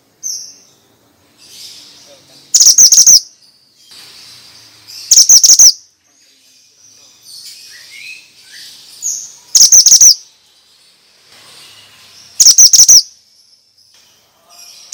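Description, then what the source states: Bird repeats loud, rapid clusters of high chirps every few seconds, with quieter thin notes in between. Lure for stressed birds, Indonesian 'suara mantenan' sound.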